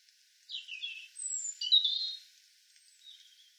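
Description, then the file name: European robin song phrase: a descending thin whistle, a high pure note, then a bright trilled flourish, followed by a quiet trailing note. "Erithacus rubecula"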